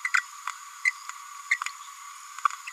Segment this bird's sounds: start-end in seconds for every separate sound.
0.04-0.07, 0.17-0.20, 0.85-0.91, 1.51-1.57, 2.67-2.70